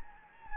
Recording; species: mosquito wingbeat signal from an infrared sensor; Anopheles gambiae